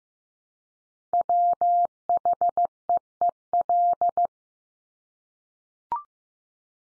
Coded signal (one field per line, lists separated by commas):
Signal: Morse code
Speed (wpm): 15 wpm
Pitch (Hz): 700 Hz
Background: none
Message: WHEEL